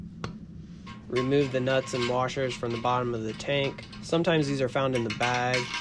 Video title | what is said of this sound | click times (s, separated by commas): TOILET 🚽 INSTALL: DIY how to | they just click into place | 0.2 s